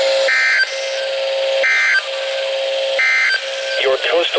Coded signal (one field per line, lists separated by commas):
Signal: Emergency Alert System (SAME) tones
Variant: end-of-message bursts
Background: speech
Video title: Required Weekly Test | EAS #418 - #419